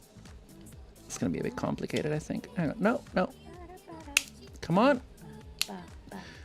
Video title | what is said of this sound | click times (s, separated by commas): 【SPICY NOODLE GUNPLA BUILD】hot hot HOT! 👊 charity stream for Gamers Outreach! #vtuberss2026 | Why are you not clicking in there, mate? | none